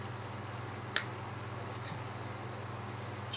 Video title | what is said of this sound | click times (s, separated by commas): 1998 Corvette HVAC Control Unit Repair | snaps right in | 1.0 s